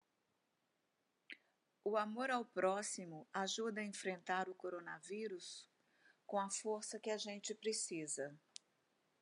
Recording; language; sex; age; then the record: spoken sentence; Brazilian Portuguese; female; 60 to 69 years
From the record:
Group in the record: control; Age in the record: 67 years